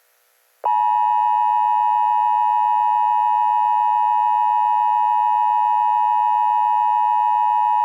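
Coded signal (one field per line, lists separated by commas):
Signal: Emergency Alert System (SAME) tones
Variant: 853 and 960 Hz attention tone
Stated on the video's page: Emergency action notification for a coronavirus outbreak, apparently a simulated scenario.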